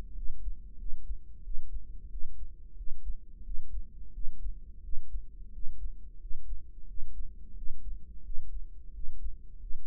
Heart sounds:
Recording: heart sounds by microphone in the right ear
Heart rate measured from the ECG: 89 bpm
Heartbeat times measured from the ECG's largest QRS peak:
0.16 s: heartbeat
0.79 s: heartbeat
1.45 s: heartbeat
2.11 s: heartbeat
2.78 s: heartbeat
3.45 s: heartbeat
4.14 s: heartbeat
4.84 s: heartbeat
5.54 s: heartbeat
6.21 s: heartbeat
6.89 s: heartbeat
7.57 s: heartbeat
8.25 s: heartbeat
8.95 s: heartbeat
9.61 s: heartbeat
From the record:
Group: healthy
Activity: rest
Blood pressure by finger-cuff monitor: 144/89 mmHg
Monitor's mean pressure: 106 mmHg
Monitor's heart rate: 88 bpm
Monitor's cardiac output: 7.3 L/min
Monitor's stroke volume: 83 mL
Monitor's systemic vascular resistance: 1070 dyn s/cm5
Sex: male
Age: 21 years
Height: 175 cm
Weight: 72.6 kg

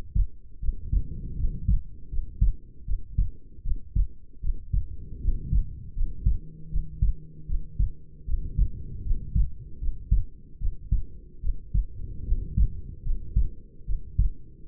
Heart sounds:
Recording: heart sounds by stethoscope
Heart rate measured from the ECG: 77 bpm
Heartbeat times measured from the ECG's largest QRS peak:
0.60 s: heartbeat
1.36 s: heartbeat
2.09 s: heartbeat
2.85 s: heartbeat
3.62 s: heartbeat
4.40 s: heartbeat
5.20 s: heartbeat
5.94 s: heartbeat
6.69 s: heartbeat
7.46 s: heartbeat
8.25 s: heartbeat
9.03 s: heartbeat
9.79 s: heartbeat
10.58 s: heartbeat
11.40 s: heartbeat
12.24 s: heartbeat
13.03 s: heartbeat
13.85 s: heartbeat
From the record:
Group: healthy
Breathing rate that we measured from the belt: 16 breaths a minute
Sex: female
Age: 22 years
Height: 160 cm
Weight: 45 kg

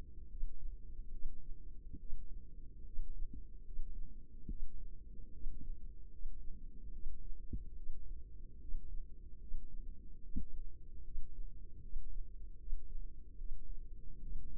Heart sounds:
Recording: heart sounds by microphone in the left ear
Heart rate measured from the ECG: 73 bpm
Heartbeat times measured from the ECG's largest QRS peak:
0.28 s: heartbeat
1.11 s: heartbeat
1.99 s: heartbeat
2.84 s: heartbeat
3.64 s: heartbeat
4.48 s: heartbeat
5.32 s: heartbeat
6.10 s: heartbeat
6.92 s: heartbeat
7.75 s: heartbeat
8.59 s: heartbeat
9.39 s: heartbeat
10.22 s: heartbeat
11.03 s: heartbeat
11.81 s: heartbeat
12.58 s: heartbeat
13.37 s: heartbeat
14.21 s: heartbeat
From the record:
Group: healthy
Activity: rest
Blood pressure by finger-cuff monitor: 88/58 mmHg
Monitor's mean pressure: 66 mmHg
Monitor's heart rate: 73 bpm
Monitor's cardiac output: 5.6 L/min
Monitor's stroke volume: 78 mL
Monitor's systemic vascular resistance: 840 dyn s/cm5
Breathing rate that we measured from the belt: 20 breaths a minute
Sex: female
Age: 22 years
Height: 163 cm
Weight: 67.1 kg

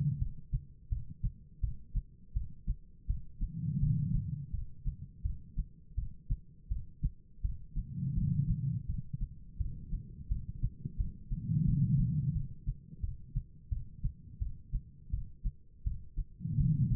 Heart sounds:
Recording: heart sounds by stethoscope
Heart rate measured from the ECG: 84 bpm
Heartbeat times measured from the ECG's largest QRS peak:
0.19 s: heartbeat
0.89 s: heartbeat
1.61 s: heartbeat
2.33 s: heartbeat
3.07 s: heartbeat
3.80 s: heartbeat
4.51 s: heartbeat
5.23 s: heartbeat
5.95 s: heartbeat
6.69 s: heartbeat
7.42 s: heartbeat
8.15 s: heartbeat
8.87 s: heartbeat
9.58 s: heartbeat
10.29 s: heartbeat
10.97 s: heartbeat
11.65 s: heartbeat
12.33 s: heartbeat
13.01 s: heartbeat
13.70 s: heartbeat
14.39 s: heartbeat
15.11 s: heartbeat
15.84 s: heartbeat
16.57 s: heartbeat
From the record:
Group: healthy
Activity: cold pressor test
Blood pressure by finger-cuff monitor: 176/115 mmHg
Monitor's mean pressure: 137 mmHg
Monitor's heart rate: 83 bpm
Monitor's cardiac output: 5 L/min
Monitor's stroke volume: 59 mL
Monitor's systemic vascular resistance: 2070 dyn s/cm5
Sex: female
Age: 51 years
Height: 162 cm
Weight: 70.04 kg

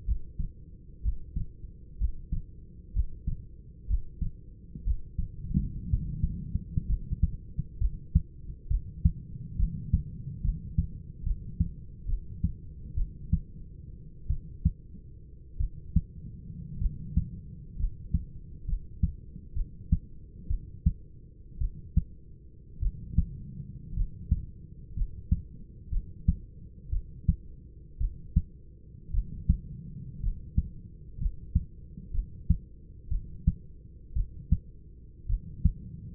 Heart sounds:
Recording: heart sounds by stethoscope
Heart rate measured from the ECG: 60 bpm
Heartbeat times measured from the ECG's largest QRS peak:
0.04 s: heartbeat
1.01 s: heartbeat
1.97 s: heartbeat
2.92 s: heartbeat
3.86 s: heartbeat
4.83 s: heartbeat
5.88 s: heartbeat
6.86 s: heartbeat
7.78 s: heartbeat
8.68 s: heartbeat
9.56 s: heartbeat
10.42 s: heartbeat
11.24 s: heartbeat
12.06 s: heartbeat
12.95 s: heartbeat
14.28 s: heartbeat
15.58 s: heartbeat
16.79 s: heartbeat
17.77 s: heartbeat
18.66 s: heartbeat
19.54 s: heartbeat
20.48 s: heartbeat
21.59 s: heartbeat
22.80 s: heartbeat
23.94 s: heartbeat
24.94 s: heartbeat
25.90 s: heartbeat
26.90 s: heartbeat
27.98 s: heartbeat
29.12 s: heartbeat
30.21 s: heartbeat
31.18 s: heartbeat
32.12 s: heartbeat
33.09 s: heartbeat
34.14 s: heartbeat
35.27 s: heartbeat
From the record:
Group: healthy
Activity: Valsalva maneuver 0-15 s, rest 15-36 s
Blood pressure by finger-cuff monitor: 138/63 mmHg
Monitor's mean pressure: 85 mmHg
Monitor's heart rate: 62 bpm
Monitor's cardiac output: 6.1 L/min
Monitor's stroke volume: 96 mL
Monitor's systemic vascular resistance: 1020 dyn s/cm5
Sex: male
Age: 25 years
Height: 170 cm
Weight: 70.4 kg

